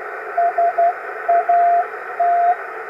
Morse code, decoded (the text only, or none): SAT